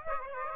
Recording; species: mosquito wingbeat signal from an infrared sensor; Aedes aegypti